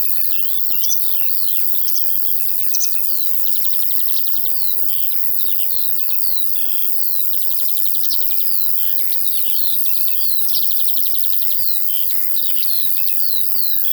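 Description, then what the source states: Crickets keep up a constant high insect trill, with bursts of rapid, warbling lark song and trills above. Field ambience with crickets and larks.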